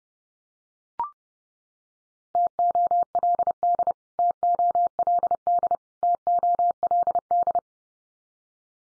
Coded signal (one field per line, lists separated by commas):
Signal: Morse code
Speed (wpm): 30 wpm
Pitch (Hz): 700 Hz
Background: none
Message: TOLD TOLD TOLD